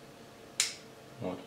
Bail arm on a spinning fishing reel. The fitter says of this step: работает очень четко даже вот если слышно сейчас буду щелчок